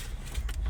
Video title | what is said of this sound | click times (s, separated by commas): How to change spark plugs, wires and ignition coils on a Chevy Express Van, GMC Savana COMPLETE JOB! | Make sure you push them all the way up there until you hear that click. | 0.5 s